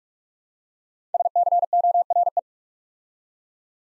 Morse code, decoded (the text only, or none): SCORE